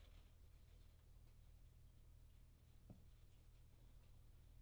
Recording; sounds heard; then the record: poultry house recording; no chicken sound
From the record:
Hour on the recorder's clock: 23